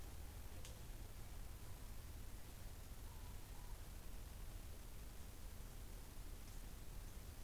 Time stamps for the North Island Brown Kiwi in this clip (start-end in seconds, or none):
none